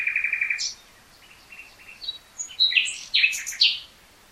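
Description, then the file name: Common nightingale song: a burst of repeated notes, a softer quiet stretch, then sharp varied chirps rising in loudness, over steady background hiss. "Luscinia megarhynchos"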